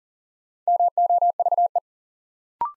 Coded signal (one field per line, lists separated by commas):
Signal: Morse code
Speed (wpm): 39 wpm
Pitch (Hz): 700 Hz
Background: none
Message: MOVE